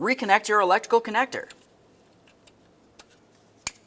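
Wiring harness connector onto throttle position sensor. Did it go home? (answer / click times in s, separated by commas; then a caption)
yes / 3.7 s. A plastic wiring harness electrical connector is pushed onto a new throttle position sensor on a 1994-2002 Dodge Ram 2500. Someone talks at first, then a few faint ticks follow as the connector is worked on. A single sharp click at 3.7 s marks the connector locking into place, seated and secure.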